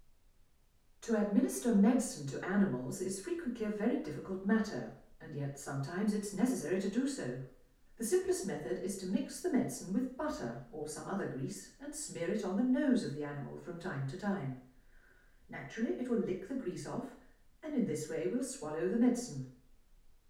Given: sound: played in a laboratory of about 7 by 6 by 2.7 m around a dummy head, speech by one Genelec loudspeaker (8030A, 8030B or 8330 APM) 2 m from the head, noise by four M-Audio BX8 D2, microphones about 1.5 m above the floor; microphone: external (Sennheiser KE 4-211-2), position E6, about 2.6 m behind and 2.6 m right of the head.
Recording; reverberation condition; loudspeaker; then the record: female speech in English; medium; 90 degrees to the left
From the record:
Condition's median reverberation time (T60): about 510 ms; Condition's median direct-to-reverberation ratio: about -0.5 dB